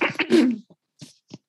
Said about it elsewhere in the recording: The microphone just picked up my stomach making like. I heard that noise. It was my stomach. I just like had all this hot apple cider and I think it does some things to the tummy. Mm. Grumbling.